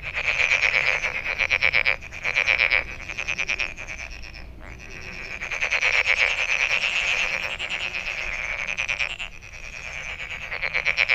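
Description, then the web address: Many frogs calling in a loud chorus of fast pulsed rattles, in overlapping bursts with brief lulls between them. Recorded 23 May 2008. "frog frog 20080523"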